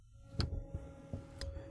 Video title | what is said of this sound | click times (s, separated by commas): 2007-08 GM Silverado/Sierra & SUV's 4.8L, 5.3L, 6.0L, 6.2L - Delta Force Cold Air Intake 615119 | Just going to push down till you hear it snap in. | 0.4 s